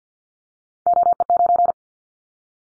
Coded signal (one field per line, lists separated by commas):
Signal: Morse code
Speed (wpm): 50 wpm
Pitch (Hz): 700 Hz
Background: none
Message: OE9